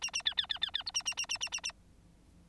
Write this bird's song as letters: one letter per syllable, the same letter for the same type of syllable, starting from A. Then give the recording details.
A A B B B B B C A A A A A A A. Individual Bird9